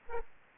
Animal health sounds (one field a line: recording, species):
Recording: mosquito wingbeat signal from an infrared sensor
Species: Aedes aegypti